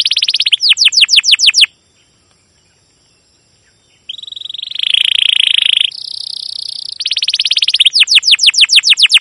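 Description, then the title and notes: Domestic canary song: rapid sweeping chirps, a two-second silence, then buzzy rolls and a return to fast repeated sweeps. Domestic canary with long, continuous chirping song used as a lure and master song for teaching young canaries to sing. "CUIT CUIT NGEROL LANGSUNG GACOR PANJANG Kenari Ini AMPUH Utk Pancingan KENAR ( 2). PANCINGAN Kenari GACOR PANJANG Cuit CUIT EMOSI ini AMPUH utk MASTERAN Kenari PAUD belajar BUNYI. burung kenari"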